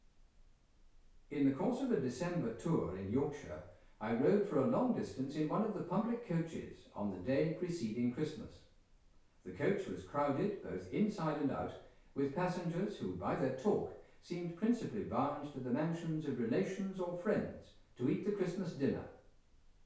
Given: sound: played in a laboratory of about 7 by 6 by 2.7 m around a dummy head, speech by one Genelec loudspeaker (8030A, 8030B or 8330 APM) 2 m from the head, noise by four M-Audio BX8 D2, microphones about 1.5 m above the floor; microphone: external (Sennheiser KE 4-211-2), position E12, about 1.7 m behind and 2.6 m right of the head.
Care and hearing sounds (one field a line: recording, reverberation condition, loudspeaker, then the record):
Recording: male speech in English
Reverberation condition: medium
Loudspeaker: 150 degrees to the left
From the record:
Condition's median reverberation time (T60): about 510 ms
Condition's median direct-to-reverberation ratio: about -0.5 dB